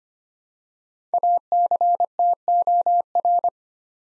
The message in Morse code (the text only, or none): ACTOR